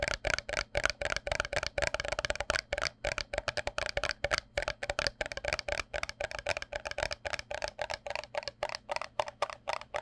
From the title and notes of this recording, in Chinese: 紙杯. 紙盒.紙容器觸發。Tapping Cardboard Cups。NO Talking。